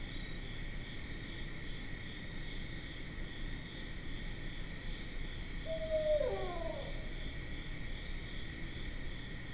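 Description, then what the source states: Barred owl calling one hoot midway, level at first then dropping into a falling, trailing tail, set against continuous buzzing insects. Recorded 12 September 2010.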